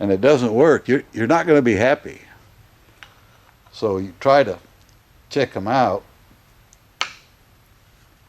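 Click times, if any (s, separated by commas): 7.0 s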